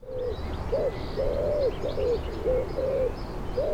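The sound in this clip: Bird calling: a series of short, slurred, arched notes, about two per second, over a steady low rumble of background noise.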